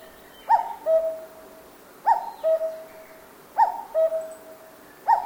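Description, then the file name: Cuckoo calling a clear two-note cuck-oo, the first note higher and the second lower, repeated about every one and a half seconds, three full calls with a fourth starting. Japan; forest. "BIRD CUCKOO CALL JAPAN FOREST LOOP"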